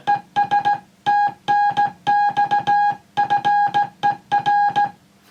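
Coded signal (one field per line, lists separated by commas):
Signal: Morse code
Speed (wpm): 16 wpm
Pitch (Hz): 820 Hz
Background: none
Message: ES TNX FER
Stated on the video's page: CW on the air from a restored 1950s LG300 boatanchor transmitter.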